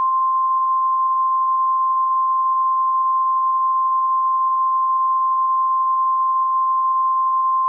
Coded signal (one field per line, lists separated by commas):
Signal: Emergency Alert System (SAME) tones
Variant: 1050 Hz attention tone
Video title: EAS Scenario: It's Going to Rain in Indiana